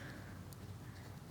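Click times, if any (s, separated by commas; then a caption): 0.5 s. A small plastic filing or polishing attachment tip is pushed onto a handheld electric nail file over a steady low background rumble. One short, sharp click at 0.5 s marks the tip snapping into place, and it is seated.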